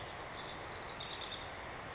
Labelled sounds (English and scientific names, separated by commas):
House Wren (Troglodytes aedon)